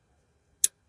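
A plastic wiring harness plug is pushed onto the second variable valve timing solenoid on a 2016 Chevy Equinox 2.4 engine. After near silence, a single loud, sharp click with bright high-frequency content snaps at 0.6 s and dies away quickly. The connector is seated.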